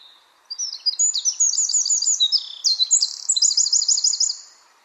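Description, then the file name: Eurasian wren song: a four-second burst of fast, high, bright trilled phrases, starting abruptly after a brief quiet and ending in a rapid rattle. "Troglodytes troglodytes"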